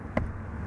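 A hand pulls the release latch under the folded-up rear bench seat of a 2012 Ford F-150 crew cab short bed with the Max Tow package and EcoBoost, to let the seat come down. A single short, sharp hit rings out at 0.2 s over a steady low rumble. The rear seat latch releases.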